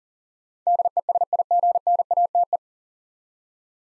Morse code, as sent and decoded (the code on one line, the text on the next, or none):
-.. . ... .. --. -. .- - .
DESIGNATE